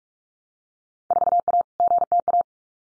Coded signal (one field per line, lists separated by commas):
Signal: Morse code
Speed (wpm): 46 wpm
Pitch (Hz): 700 Hz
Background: none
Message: 4A GTA